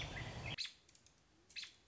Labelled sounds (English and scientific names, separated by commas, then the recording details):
American Robin (Turdus migratorius)
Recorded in Sonoma County, California